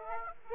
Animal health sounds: mosquito wingbeat signal from an infrared sensor; Aedes aegypti

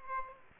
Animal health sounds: mosquito wingbeat signal from an infrared sensor; Aedes aegypti

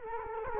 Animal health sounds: mosquito wingbeat signal from an infrared sensor; Culex quinquefasciatus

